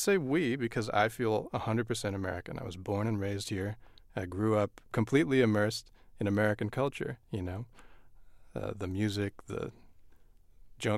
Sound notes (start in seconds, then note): none